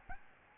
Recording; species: mosquito wingbeat signal from an infrared sensor; Aedes albopictus